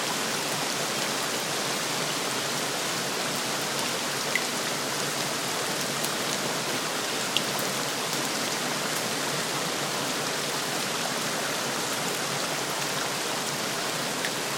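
Steady rain falls throughout, a dense, even hiss of countless drops with a bright, crisp edge and little low rumble. A few sharper single drops tick out near the start and middle, around four and seven seconds, but the downpour never swells or fades.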